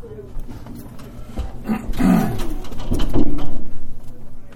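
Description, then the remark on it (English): A pet bird coos in low, throaty bursts, two swelling rounds of soft rolling calls that grow louder toward the end, with faint background noise throughout. “Well, it's your bird, honey, so you can...”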